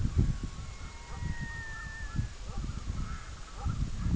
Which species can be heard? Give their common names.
Red-throated Loon, Canada Goose